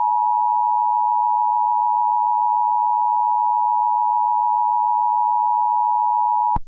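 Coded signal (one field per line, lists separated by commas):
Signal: Emergency Alert System (SAME) tones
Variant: 853 and 960 Hz attention tone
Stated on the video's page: Fictional EAS scenario.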